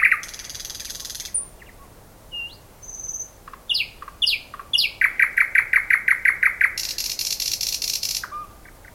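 Thrush nightingale singing a varied phrase: a dry buzzy rattle, scattered thin whistles and clicks, then a rapid train of loud repeated notes and another harsh buzzing rattle.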